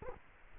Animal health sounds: mosquito wingbeat signal from an infrared sensor; Culex quinquefasciatus

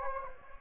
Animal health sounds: mosquito wingbeat signal from an infrared sensor; Anopheles gambiae

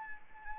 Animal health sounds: mosquito wingbeat signal from an infrared sensor; Anopheles arabiensis

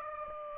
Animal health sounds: mosquito wingbeat signal from an infrared sensor; Aedes aegypti

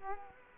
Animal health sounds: mosquito wingbeat signal from an infrared sensor; Culex quinquefasciatus

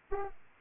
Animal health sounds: mosquito wingbeat signal from an infrared sensor; Culex pipiens

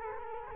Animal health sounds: mosquito wingbeat signal from an infrared sensor; Culex quinquefasciatus

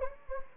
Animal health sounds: mosquito wingbeat signal from an infrared sensor; Anopheles gambiae

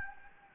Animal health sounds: mosquito wingbeat signal from an infrared sensor; Anopheles gambiae

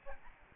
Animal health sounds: mosquito wingbeat signal from an infrared sensor; Aedes albopictus

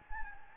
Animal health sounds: mosquito wingbeat signal from an infrared sensor; Anopheles gambiae

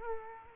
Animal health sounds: mosquito wingbeat signal from an infrared sensor; Culex quinquefasciatus

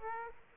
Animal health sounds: mosquito wingbeat signal from an infrared sensor; Aedes aegypti

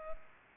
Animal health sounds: mosquito wingbeat signal from an infrared sensor; Culex pipiens

